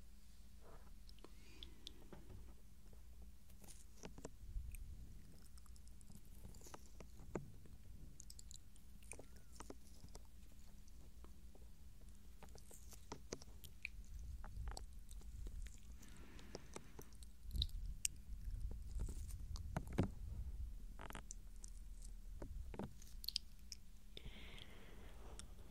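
Soft mouth sounds and light touches: scattered wet clicks and taps over a steady low hum. The sounds come irregularly every second or so, growing a little busier and louder around the middle before easing off.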